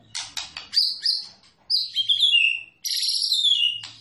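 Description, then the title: White-rumped shama song: bright, varied whistled phrases, some sweeping downward, broken by short pauses. Masteran training recording for songbirds, from a champion bird. "Masteran Murai Batu Juara"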